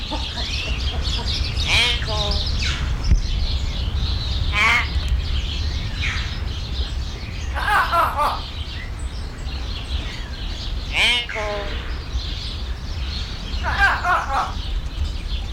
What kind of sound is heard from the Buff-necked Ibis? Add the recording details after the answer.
call. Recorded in captivity. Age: adult. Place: Zoo Berlin, Berlin, DE. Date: 1993-01-30 10:47. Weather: -6° C, sonnig. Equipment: Marantz CP 430, Sennheiser ME 80, Kopie Uher Variocord 263. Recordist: Tembrock, Günter